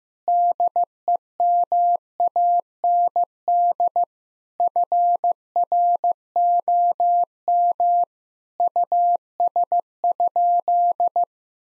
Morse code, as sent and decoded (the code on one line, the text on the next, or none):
-.. . -- .- -. -.. / ..-. .-. --- -- / ..- ... ..--..
DEMAND FROM US?